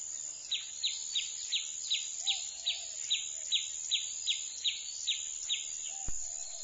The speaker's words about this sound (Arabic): العصفور، العصفور الصغير أصبح يعرف الحكاية فيصيح معترضا، ولكن هل يسمع الإنسان صرخة عصفور؟